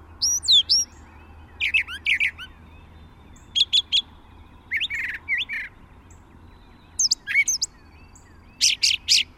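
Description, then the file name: Brown thrasher delivering varied song phrases, rising and falling slurred notes and harsh chips, often repeated in pairs, with brief gaps; low hum in the background. "suara-kicauan-brown-thrasher 5-omkicau"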